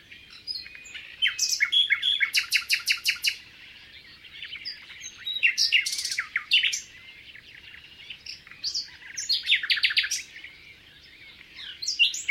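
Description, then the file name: Common nightingale singing varied phrases, including rapid rattling trills and sharp chirps, separated by short quiet gaps. "Luscinia megarhynchos"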